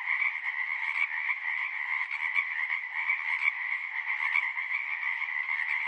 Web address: Partners In Rhyme Marsh Frogs